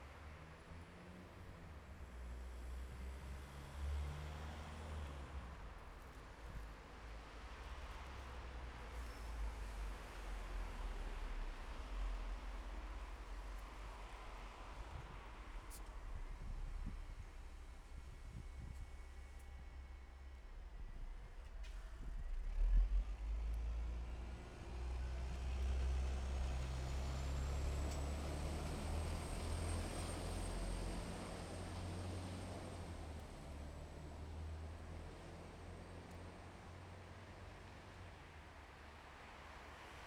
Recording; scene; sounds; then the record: everyday scene through a hearing-aid microphone; in traffic; traffic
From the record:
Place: bus stop on a city main road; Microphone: behind the ear, left, front